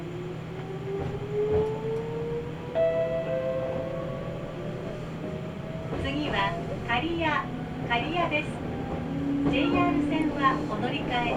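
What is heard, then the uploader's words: A train on the Mikawa Line between Chiryu and Hekinan hums steadily with a rising motor whine, and someone starts talking after six seconds. Nagoya Railroad Mikawa Line Chiryu to Hekinan.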